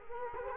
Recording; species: mosquito wingbeat signal from an infrared sensor; Culex quinquefasciatus